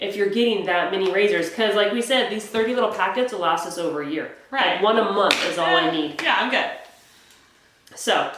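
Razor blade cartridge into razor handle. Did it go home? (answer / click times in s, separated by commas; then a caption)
no / none. Someone talks while handling a razor blade cartridge and razor handle, with a few light taps beneath the voice and a quiet stretch near the end. The cartridge is being fitted onto the handle, but nothing has seated or clicked yet.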